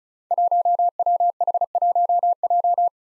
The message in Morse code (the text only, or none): 1WH1J